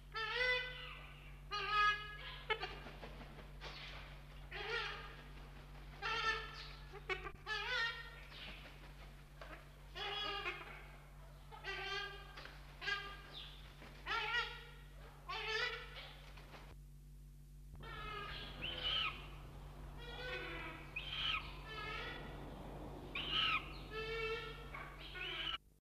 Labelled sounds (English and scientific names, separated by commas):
Western Swamphen (Porphyrio porphyrio) call